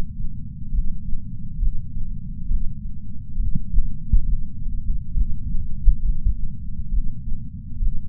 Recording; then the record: heart sounds by patch sensor on the chest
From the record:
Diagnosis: coronary artery disease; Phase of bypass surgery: intraoperative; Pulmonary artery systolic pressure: 24 mmHg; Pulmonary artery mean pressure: 16 mmHg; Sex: male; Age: 58 years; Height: 170 cm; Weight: 80 kg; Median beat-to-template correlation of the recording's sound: 0.91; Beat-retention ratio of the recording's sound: 0.99